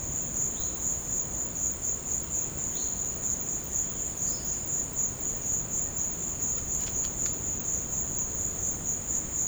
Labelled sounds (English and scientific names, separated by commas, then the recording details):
none
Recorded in dense forest near Puerto Asís, Putumayo, Colombia, on 13 March 2025 at 16:00
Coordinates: 0.500, -76.322
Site GP06